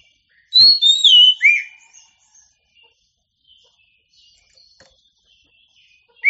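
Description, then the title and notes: Oriental magpie-robin song: a loud burst of rich whistled notes sliding down, then scattered quieter chirps and a fresh note starting at the very end. Champion bird, called 'kacer juara' in Indonesian. "Kicau Burung Kacer Juara. Suara Kicauan Burung Kacer Juara"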